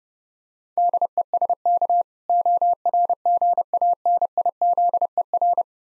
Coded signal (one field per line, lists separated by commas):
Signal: Morse code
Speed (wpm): 30 wpm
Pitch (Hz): 700 Hz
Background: none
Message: DESK ORGANIZER